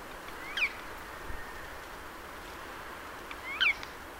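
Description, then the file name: Eurasian jay, two short rasping downslurred calls about three seconds apart, separated by steady background hiss. "Garrulus glandarius"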